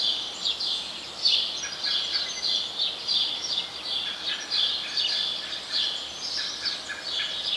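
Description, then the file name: House sparrow calling with rapid, irregular chirps, sometimes run together, over a continuous noisy background. "Passer domesticus"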